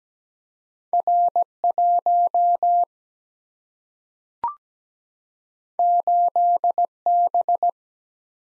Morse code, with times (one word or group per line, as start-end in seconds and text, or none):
0.9-1.4 R
1.6-2.8 1
5.8-6.8 8
7.1-7.7 B